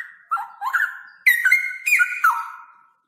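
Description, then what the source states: Straw-headed bulbul song: clear, mellow whistles stepping and sliding between pitches in flowing phrases, fading out at the end. Male; loud voice, singing persistently (gacor); long 'roo-el' trills; a masteran recording for training other birds.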